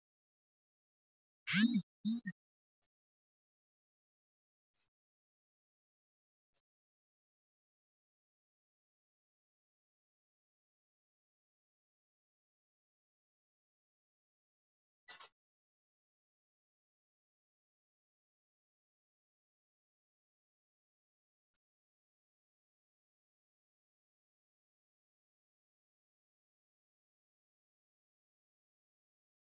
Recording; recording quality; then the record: deep breathing; excellent, no background noise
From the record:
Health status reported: healthy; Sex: female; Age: 66 years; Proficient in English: yes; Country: India